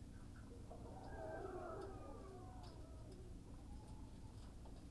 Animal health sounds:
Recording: poultry house recording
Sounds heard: healthy chickens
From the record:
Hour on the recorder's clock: 18

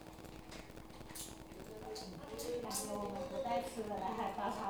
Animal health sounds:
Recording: poultry house recording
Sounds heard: no chicken sound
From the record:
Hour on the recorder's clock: 13

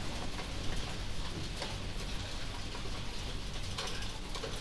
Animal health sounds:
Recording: poultry house recording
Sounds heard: healthy chickens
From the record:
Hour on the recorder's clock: 22

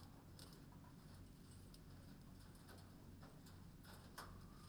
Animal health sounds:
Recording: poultry house recording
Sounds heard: healthy chickens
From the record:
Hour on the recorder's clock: 22

